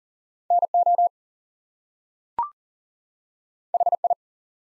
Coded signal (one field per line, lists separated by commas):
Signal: Morse code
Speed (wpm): 39 wpm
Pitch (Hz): 700 Hz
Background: none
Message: NO HI